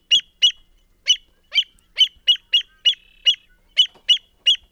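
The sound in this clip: American avocet giving many sharp, high kleek notes, repeated rapidly.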